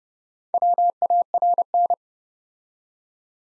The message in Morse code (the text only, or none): WARN